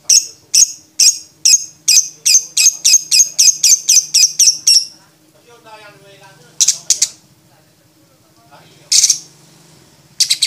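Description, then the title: Lovebird song of sharp, high chirps repeated rapidly about twice a second for five seconds, then pauses with short chirp bursts; faint low hum underneath. Champion lovebird chirping with a clear voice; masteran training audio for songbirds. "MASTERAN BURUNG 2. Kicau Suara Burung Lovebird Juara Suara Bening"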